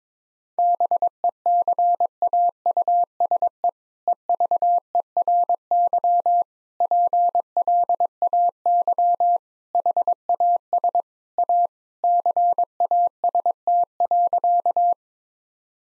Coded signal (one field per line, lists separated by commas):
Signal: Morse code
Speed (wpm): 22 wpm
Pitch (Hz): 700 Hz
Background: none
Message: BECAUSE EVERY PLAY HAS A CAST.